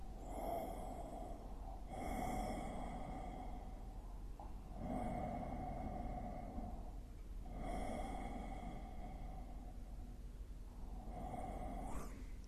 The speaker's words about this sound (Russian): Просто вот удерживая во внимание все 4 точки, мы дышим ингаляцию. Это очень мощное воздействие на вот всю структуру нашего мозга.